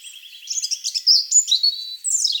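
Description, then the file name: European robin singing a short phrase of high, thin notes: a fast twittering trill, then clear sliding whistles and a final high descending flourish. "Erithacus rubecula"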